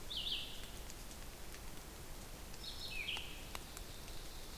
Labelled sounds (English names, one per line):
Red-eyed Vireo song